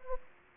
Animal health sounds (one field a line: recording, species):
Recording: mosquito wingbeat signal from an infrared sensor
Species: Anopheles gambiae